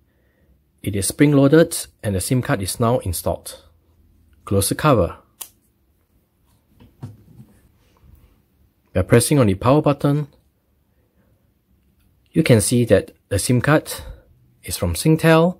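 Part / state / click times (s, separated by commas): plastic SIM slot cover on mobile router housing / seated / 5.4 s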